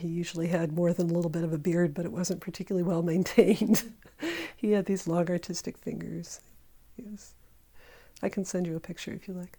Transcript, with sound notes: He usually had more than a little bit of a beard, but it wasn't particularly well maintained. [laughter] He had these long, artistic fingers. I can send you a picture if you like.